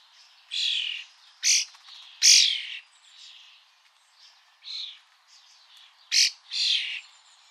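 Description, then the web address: Bird calls, bursts of harsh chirping notes repeated irregularly, some broad buzzy notes and short sharp chips, with quieter chatter between them. "Deverinetal 2025. Bird Only"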